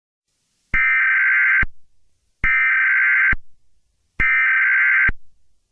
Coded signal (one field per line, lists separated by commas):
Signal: Emergency Alert System (SAME) tones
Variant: header bursts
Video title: Climate change & Polar bear 2026 eas scenario